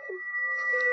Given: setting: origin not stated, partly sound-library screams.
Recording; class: one-second piece from a danger detection set; woman in danger